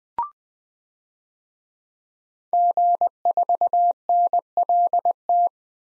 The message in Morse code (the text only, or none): G4NLT